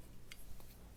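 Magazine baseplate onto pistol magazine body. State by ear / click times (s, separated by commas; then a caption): seated / 0.3 s. The floor plate of a Springfield XDm pistol magazine is slid onto the magazine body while the spring and insert are held down, then pressed down at the back. A short, sharp snap is heard at 0.3 s over low background noise. The baseplate snaps into place and is seated.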